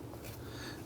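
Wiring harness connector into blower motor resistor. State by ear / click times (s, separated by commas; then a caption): not seated / none. A plastic wiring harness connector is lined up and pushed toward the new blower motor resistor on a 2004-2012 Chevrolet Colorado. There is only faint handling rustle over a steady low hum, with no sharp hits. Nothing has seated or clicked yet.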